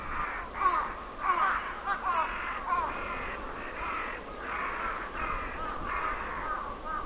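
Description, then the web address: Crows cawing, many harsh overlapping caws in an irregular chorus over a steady rumbling background hiss. Crows gathering at their roost on a summer evening in Sannohe. "Sound Effects-Foundation 1 AMBIENCE SANNOHE CROWS"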